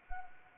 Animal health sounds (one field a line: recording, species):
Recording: mosquito wingbeat signal from an infrared sensor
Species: Anopheles arabiensis